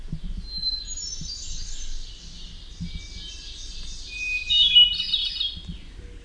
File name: HETH song